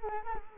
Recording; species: mosquito wingbeat signal from an infrared sensor; Culex quinquefasciatus